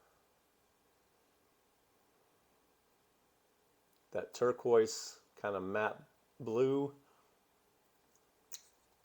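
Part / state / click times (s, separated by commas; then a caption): cap on a perfume bottle / released / 8.5 s. Someone talks from about 4.1 to 7.0 seconds over a faint, steady low hum, then the decorative cap is pulled off a Stephane Humbert Lucas God of Fire fragrance bottle. The cap comes free with a short, sharp click or pop at 8.5 seconds, releasing it from the bottle.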